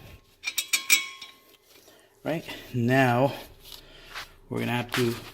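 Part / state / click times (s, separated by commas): wheel lug stud into wheel hub / not seated / none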